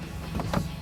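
A plastic engine cover on a 2011-2019 Dodge Challenger is being pressed back onto its engine mounts after an AFE Momentum GT cold air intake install. Two short handling knocks come at about 0.4 and 0.5 seconds over a low steady hum. Nothing has seated or clicked yet.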